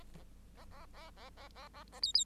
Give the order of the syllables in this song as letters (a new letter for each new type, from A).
A A A A A A A A B B